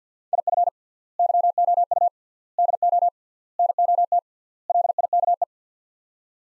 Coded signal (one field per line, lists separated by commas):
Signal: Morse code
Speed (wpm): 45 wpm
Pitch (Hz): 700 Hz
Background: none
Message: IF YOU DO NOT LIKE